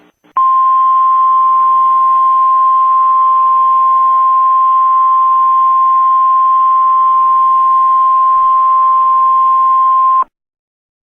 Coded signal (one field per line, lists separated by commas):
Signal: Emergency Alert System (SAME) tones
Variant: 1050 Hz attention tone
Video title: EAS Scenario #3: Dust Storm From Hell